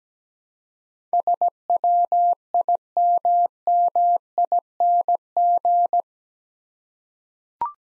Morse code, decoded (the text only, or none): SWIMMING